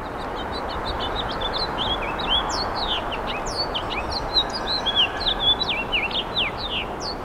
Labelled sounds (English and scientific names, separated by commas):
House Finch (Haemorhous mexicanus) song